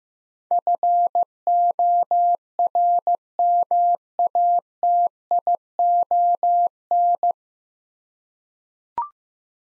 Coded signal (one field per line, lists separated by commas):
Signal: Morse code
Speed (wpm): 15 wpm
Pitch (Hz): 700 Hz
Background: none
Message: FORMATION